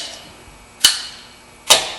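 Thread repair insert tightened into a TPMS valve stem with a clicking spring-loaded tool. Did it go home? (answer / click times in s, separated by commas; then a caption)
yes / 0.9 s. A spring-loaded insert tool is turned in to tighten a repair thread insert in a stripped metal TPMS valve stem. A sharp metallic click is heard at 0.8 s, followed by a second similar click near 1.7 s. The tool clicks at its setting, showing the insert is tight enough.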